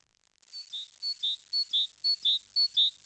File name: Sykora konadra